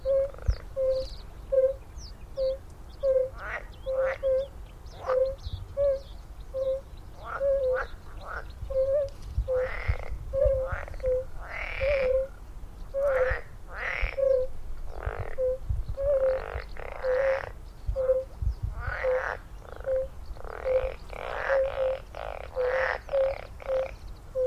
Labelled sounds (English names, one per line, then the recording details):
Fire-Bellied Toad call
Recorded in the wild
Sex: male
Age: adult
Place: Falkenberger Rieselfelder, Barnim, Berlin, DE
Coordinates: 52.5839, 13.5542
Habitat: lake
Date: 1991-06-23 15:31
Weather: Luft: 30°C, Wasser: 27,6°C
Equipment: Uher 4000 Report Monitor, Sennheiser ME 80, K 30 AV, Original
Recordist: Frommolt, Karl-Heinz